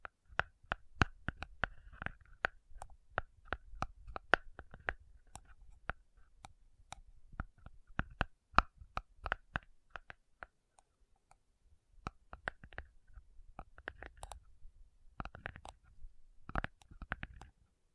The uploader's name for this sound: Slow Tapping Metal Sounds